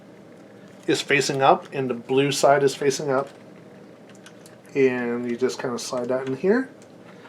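A flat ribbon cable is handled and slid toward its connector on a console motherboard during an XStation install on a PU-8 late board, while someone talks. Two short, sharp hits occur at about 4.3 and 4.5 seconds. Nothing has seated or clicked yet.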